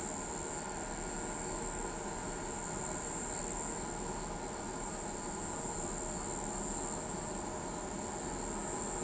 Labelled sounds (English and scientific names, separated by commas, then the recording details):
none
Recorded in pastures near Pivijay, Magdalena, Colombia, on 18 April 2023 at 03:00
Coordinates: 10.456, -74.369
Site P6-G026